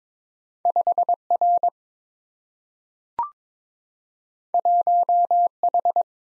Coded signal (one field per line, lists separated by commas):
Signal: Morse code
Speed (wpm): 22 wpm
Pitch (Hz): 700 Hz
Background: none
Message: 5R 1H